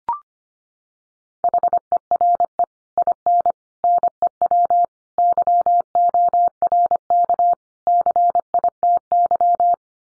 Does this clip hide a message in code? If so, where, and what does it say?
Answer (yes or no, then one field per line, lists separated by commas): yes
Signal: Morse code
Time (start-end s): 1.4-9.7 s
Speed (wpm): 25 wpm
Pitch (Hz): 700 Hz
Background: none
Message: HERE IN NEW YORK CITY